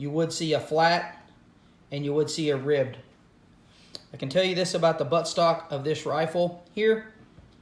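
A man talks while handling the folding buttstock of an E&L AKS-74N airsoft rifle (fitted with an M130 spring and a Titan 2600mAh Li-ion battery), working it into its lock on the receiver. A brief sharp sound is heard at about 4.0 s between stretches of speech. The stock has not yet seated or locked into place by the end of the clip.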